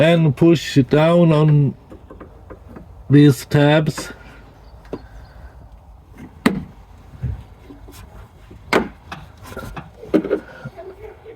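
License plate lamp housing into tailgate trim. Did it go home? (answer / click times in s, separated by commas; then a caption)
yes / 6.5 s, 8.7 s. Someone talks while pushing the plastic license plate lamp housing of a Toyota Auris, with its new bulb, down onto its retaining tabs in the tailgate trim, with a few faint taps along the way. Two sharp clicks ring out at 6.5 s and 8.7 s as the housing seats in the tailgate.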